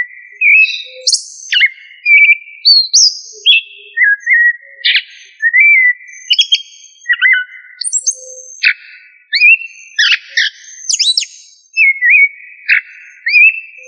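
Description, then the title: Thrush singing continuously: rich, varied whistles and slurred notes, with short trills and sharp high accents mixed in. "Familia Turdidae - Sabia"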